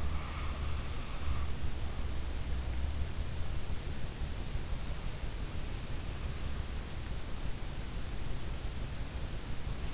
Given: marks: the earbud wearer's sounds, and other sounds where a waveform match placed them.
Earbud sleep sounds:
sounds in sleep by an in-ear microphone; breath
0.00-1.85 s: breath

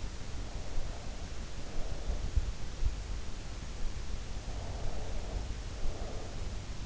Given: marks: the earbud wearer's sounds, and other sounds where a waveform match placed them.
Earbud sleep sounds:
sounds in sleep by an in-ear microphone; breath
0.31-2.58 s: breath
4.65-6.86 s: breath

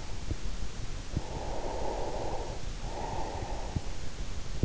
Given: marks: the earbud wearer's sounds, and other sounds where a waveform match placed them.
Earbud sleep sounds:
sounds in sleep by an in-ear microphone; breath
1.12-4.37 s: breath

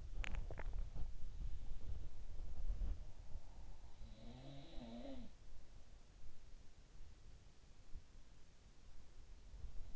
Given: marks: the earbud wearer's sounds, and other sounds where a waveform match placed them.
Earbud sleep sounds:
sounds in sleep by an in-ear microphone; swallowing, body movement
0.00-0.76 s: swallowing
0.00-3.15 s: body movement
3.58-6.27 s: sound from someone else or the room

